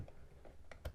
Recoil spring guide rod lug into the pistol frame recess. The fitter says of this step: inside you can see that but it's like a little recess and it just locks in place and then she's all locked in and